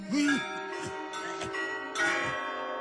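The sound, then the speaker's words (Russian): A monastery clock strikes the quarter hour: about four evenly spaced bell chimes, each ringing on with a sustained, humming tone that overlaps the next strike. “Монастырские часы пробили четверть.”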